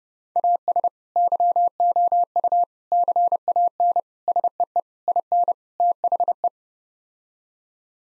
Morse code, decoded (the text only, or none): AS YOU CAN SEE IN THE